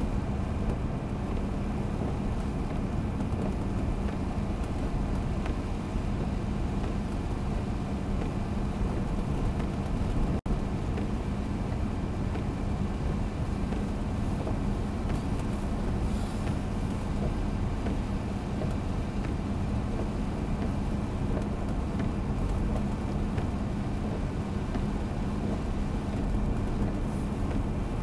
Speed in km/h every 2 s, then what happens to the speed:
90, 89, 91, 90, 90, 90, 90, 91, 91, 91, 91, 92, 92, 91.
0-28 steady at about 91.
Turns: none.